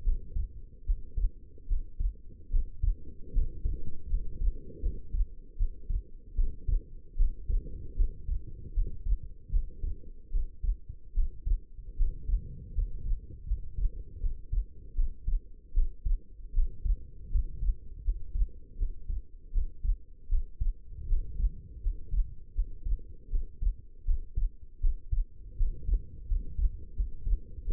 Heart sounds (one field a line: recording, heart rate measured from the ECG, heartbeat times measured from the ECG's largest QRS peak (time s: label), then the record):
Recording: heart sounds by stethoscope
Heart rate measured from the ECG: 78 bpm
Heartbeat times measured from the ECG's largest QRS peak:
0.03 s: heartbeat
0.85 s: heartbeat
1.66 s: heartbeat
2.50 s: heartbeat
3.32 s: heartbeat
4.08 s: heartbeat
4.81 s: heartbeat
5.56 s: heartbeat
6.34 s: heartbeat
7.16 s: heartbeat
7.95 s: heartbeat
8.73 s: heartbeat
9.50 s: heartbeat
10.30 s: heartbeat
11.13 s: heartbeat
11.96 s: heartbeat
12.74 s: heartbeat
13.46 s: heartbeat
14.19 s: heartbeat
14.94 s: heartbeat
15.73 s: heartbeat
16.53 s: heartbeat
17.30 s: heartbeat
18.03 s: heartbeat
18.77 s: heartbeat
19.51 s: heartbeat
20.28 s: heartbeat
21.07 s: heartbeat
21.82 s: heartbeat
22.54 s: heartbeat
23.29 s: heartbeat
24.04 s: heartbeat
24.80 s: heartbeat
25.56 s: heartbeat
26.27 s: heartbeat
26.95 s: heartbeat
27.63 s: heartbeat
From the record:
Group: healthy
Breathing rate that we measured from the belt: 13 breaths a minute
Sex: female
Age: 19 years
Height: 163 cm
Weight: 51 kg